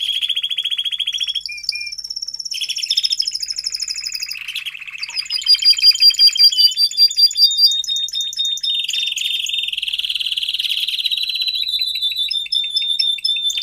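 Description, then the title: Domestic canary song, a long run of rapid trills and rolls switching between high buzzy notes and lower steady tours, each phrase held a second or two before changing. Male canary singing a lot; recording for training, to warm up young and Belgian canaries in 30 minutes. "Canary Training Esquente Seu Filhote E Canario Belga Em 30 Minutos Macho Cantando Muito"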